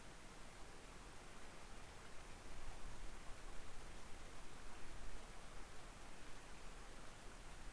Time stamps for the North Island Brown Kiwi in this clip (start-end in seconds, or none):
none